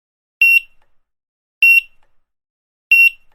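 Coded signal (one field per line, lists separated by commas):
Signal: none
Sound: checkout scanner beeps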